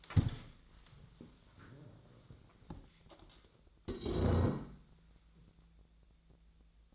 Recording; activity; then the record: daily activity, microphone in the room; stand up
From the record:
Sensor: 3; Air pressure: 1000.4 hPa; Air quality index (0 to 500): 170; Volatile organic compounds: 3 ppm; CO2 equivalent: 1484 ppm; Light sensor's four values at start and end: 15/34/15/15 and 14/34/14/15